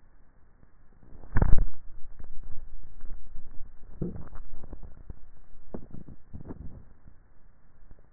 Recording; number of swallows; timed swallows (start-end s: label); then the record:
swallowing sounds by neck microphone; 1
3.80-4.60 s: swallow
From the record:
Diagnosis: dysphagia